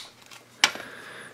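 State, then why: Seated. A plastic accessory piece is snapped into the bottom of a DC Comics Multiverse 6" Batman v Superman: Dawn Of Justice grapnel blaster toy. A single sharp snap rings out at 0.6 s over quiet handling, and the piece seats in place.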